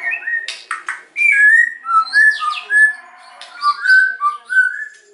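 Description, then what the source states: White-rumped shama song: clear, varied whistled phrases, some sliding up or down, mixed with a few sharp high notes, flowing steadily without long pauses. White-rumped shama (murai batu) in vigorous song (gacor); a lure recording (pancingan) said to provoke an immediate response.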